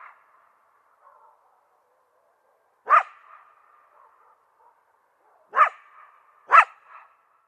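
Coyote barks, three sharp harsh barks spaced one to three seconds apart, each trailing into a short fading tone.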